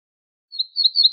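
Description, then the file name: Ortolan bunting song: a rapid series of several similar high, clear notes, cut off abruptly with a click. "suara kicauan ortolan"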